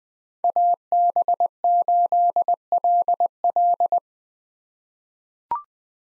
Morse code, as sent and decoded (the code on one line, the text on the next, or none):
.- -... ---.. .-.. .-..
AB8LL